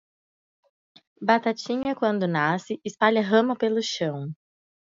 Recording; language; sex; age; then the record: short text; Brazilian Portuguese; female; 20 to 29 years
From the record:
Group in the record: control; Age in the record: 25 years